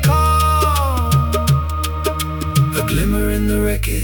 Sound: voices build